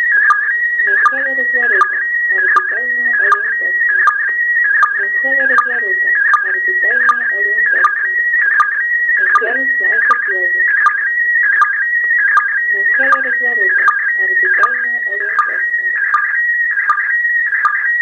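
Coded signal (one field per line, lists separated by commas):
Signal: SSTV (slow-scan television)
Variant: PD180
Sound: warbling whine near 1.9 kHz, wavering, with a short low click under a second apart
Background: faint background voices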